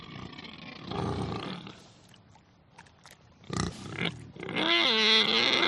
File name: audio hero Pig